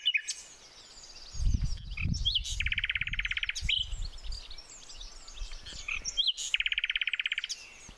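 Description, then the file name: Common nightingale song with two bursts of fast, buzzy rattling trills, sharp whistles and clicks between them, over low rumbling background noise. "Luscinia megarhynchos"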